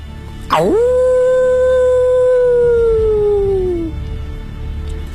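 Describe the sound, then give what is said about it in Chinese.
A single long, mournful wolf howl rises sharply, then holds a steady mid pitch for about three seconds before sliding slightly downward and fading out, with no other voices. “后面的十余只狼似乎下狠心做了决定，悲鸣地望了望死去的同胞，转头朝村口狂奔而去。”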